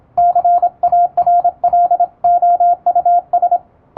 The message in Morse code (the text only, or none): CARLOUS